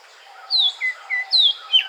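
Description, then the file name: Oriental magpie-robin whistling bright descending slurs and short level notes in a brief, lively run. Recorded at Weddagala, Sri Lanka, on 5 March 2015. "Magpie-Robin Weddagala-05 Mar 2015"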